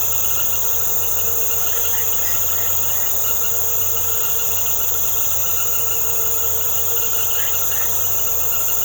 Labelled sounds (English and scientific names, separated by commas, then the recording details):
none
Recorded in secondary vegetation near Puerto Asís, Putumayo, Colombia, on 4 March 2025 at 19:30
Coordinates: 0.468, -76.324
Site G059